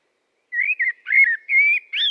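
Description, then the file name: Common blackbird giving a short run of smooth, fluty whistled notes, the last one rising slightly higher. "Turdus merula"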